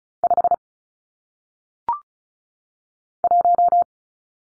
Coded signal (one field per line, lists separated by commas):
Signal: Morse code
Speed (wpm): 35 wpm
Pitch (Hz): 700 Hz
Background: none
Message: 5 1